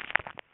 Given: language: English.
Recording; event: throat vibration sensor signal played as sound; swallow